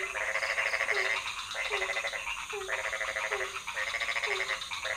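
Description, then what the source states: Frog chorus with regular low croaks and overlapping harsh, rattling trills that start and stop in blocks. Several frog species calling at night in a pond near a hotel in Ubud, Bali, Indonesia; recorded with Sony PCM D50 and Rode NT4 on a boompole.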